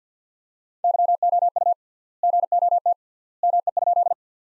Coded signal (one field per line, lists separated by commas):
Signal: Morse code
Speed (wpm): 50 wpm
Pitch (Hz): 700 Hz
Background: none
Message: YOU GOT ME?